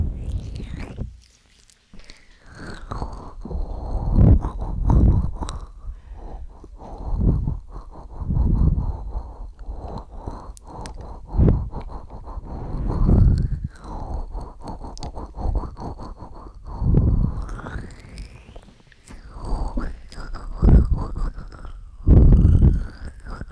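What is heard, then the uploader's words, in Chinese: Ear cleaning and massage sounds, with soft brushing and scratching strokes that swell and fade every few seconds. Dense crackly rustles sit over low rubbing thumps, and a faint steady high tone runs through the middle section. 梵天掏耳和按摩。3D按摩与掏耳一起来。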